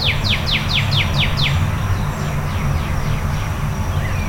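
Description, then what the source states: Bird song: a rapid run of descending chirps for about a second and a half, then fainter chirps, over a steady low rumble. Before dawn.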